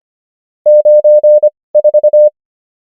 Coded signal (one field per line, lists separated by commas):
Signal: Morse code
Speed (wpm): 25 wpm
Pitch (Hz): 600 Hz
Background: none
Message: 9 4